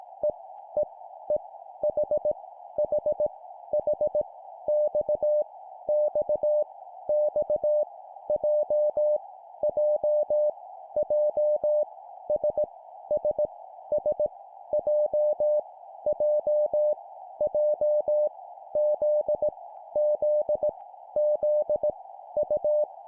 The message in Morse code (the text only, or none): E E E H H H X X X J J J S S S J J J Z Z Z U